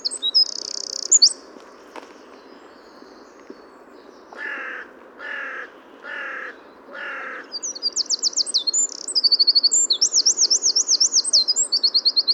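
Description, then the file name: Eurasian wren song: high rattling trills open. Four harsh, lower buzzy bursts come about a second apart, then a long, fast, ringing high trill runs to the end. "Troglodytes troglodytes"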